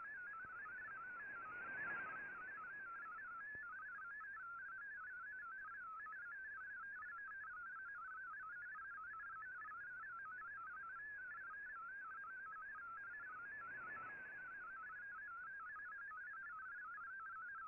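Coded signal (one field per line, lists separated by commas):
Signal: multi-tone FSK (Olivia or MFSK type)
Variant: MFSK32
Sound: rapid warbling single tone hopping among many pitches, steady and continuous, over hiss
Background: radio static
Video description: Here is my decode of the Shortwave Radiogram broadcast today on 15770Khz shortwave radio at 1300UTC in MFSK32 and 64 with 10 SSTV images.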